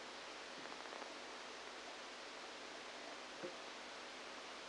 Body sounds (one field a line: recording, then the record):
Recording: brain microelectrode recording played as sound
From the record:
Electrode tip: outside the subthalamic nucleus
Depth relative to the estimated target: -6 mm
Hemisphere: right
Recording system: NeuroSet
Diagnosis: Parkinson's disease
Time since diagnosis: 14 years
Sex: male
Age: 51 years